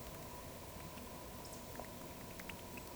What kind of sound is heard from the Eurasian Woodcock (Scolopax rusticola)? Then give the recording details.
whistle. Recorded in Baden-Württemberg, Germany, on 1 June 2020 at 19:51 UTC. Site 44397, 226 m above sea level